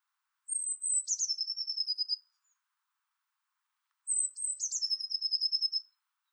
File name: Cyanistes caeruleus